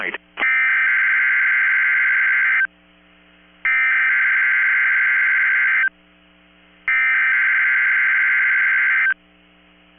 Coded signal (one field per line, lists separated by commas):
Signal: Emergency Alert System (SAME) tones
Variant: header bursts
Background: speech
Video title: 11/23/22 - KEC65 Required Weekly Test (EAS #690)